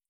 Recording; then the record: hydrophone in a shrimp aquaculture tank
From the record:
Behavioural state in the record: feeding